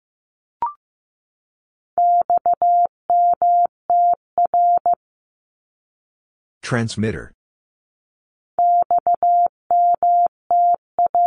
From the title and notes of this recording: Abbreviations 15wpm. First, it is sent in Morse code. Then it is spoken.